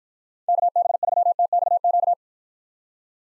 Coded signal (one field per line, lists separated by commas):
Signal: Morse code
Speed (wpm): 53 wpm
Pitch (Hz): 700 Hz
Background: none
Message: KB3TXQ